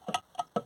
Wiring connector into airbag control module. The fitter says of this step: up there we go so that's one in snapped